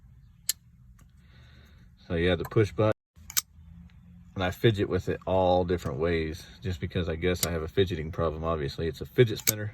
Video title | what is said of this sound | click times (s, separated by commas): A knife little story... and thoughts on my Hinderers | You can hear the detent when you close it. | 0.5 s